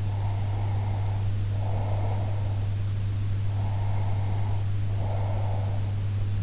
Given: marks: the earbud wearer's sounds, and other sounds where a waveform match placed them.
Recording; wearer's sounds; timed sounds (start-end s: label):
sounds in sleep by an in-ear microphone; breath
0.00-2.76 s: breath
3.45-5.88 s: breath